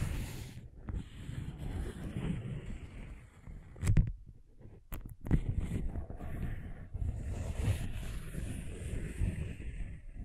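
Scratching and tracing makes a steady, rough, low rubbing noise with faint hiss, broken by sharp clicks near four and five seconds.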